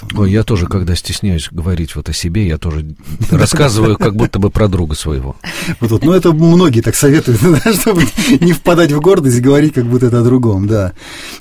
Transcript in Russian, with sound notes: Ой, я тоже, когда стесняюсь говорить о себе, я тоже рассказываю как будто бы про друга своего. (смеются)

— Ну, это многие так советуют, чтобы не впадать в гордость и говорить как будто это о другом, да.